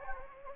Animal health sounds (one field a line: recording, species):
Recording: mosquito wingbeat signal from an infrared sensor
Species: Anopheles gambiae